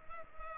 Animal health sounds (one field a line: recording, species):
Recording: mosquito wingbeat signal from an infrared sensor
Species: Culex pipiens